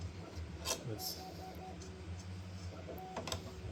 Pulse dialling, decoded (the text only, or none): none